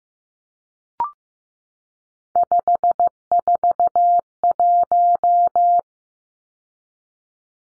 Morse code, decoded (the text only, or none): 541